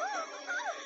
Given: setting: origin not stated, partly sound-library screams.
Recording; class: one-second piece from a danger detection set; woman in danger